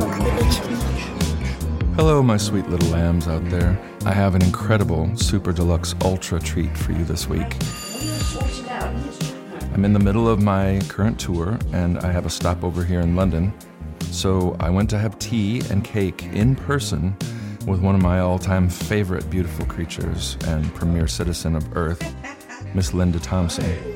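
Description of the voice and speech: Fluent, lively adult male speech, from a man born in 1968, with ordinary low-pitched voice and clear articulation over background music.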